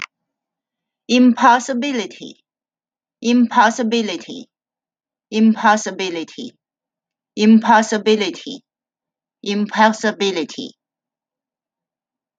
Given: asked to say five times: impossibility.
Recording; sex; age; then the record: repeated word; female; 40 to 49 years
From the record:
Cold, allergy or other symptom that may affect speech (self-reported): no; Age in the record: 47 years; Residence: Illinois, United States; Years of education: 19